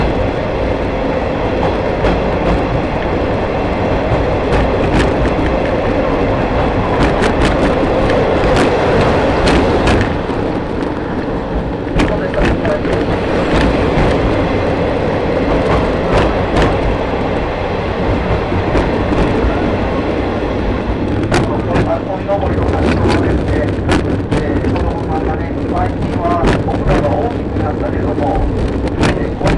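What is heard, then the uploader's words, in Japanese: A train rumbles along steadily, heard from aboard an open trolley car, with a dense, roaring low din that barely lets up. Sharp clicks and clanks from the rails come in irregular bursts, thickest around seven to ten seconds and again after twenty. 予土線しまんトロッコ2号 江川崎→土佐大正。8割方トロッコ車両は埋まっていました。案内人の話を聞きながらのんびりと走っていきますが、トンネル区間が多いので結構轟音だらけになります。また意外と風が冷たいです。前日まで大雨だったこともあり川の水は汚かったですが、空気はとてもきれいに感じました。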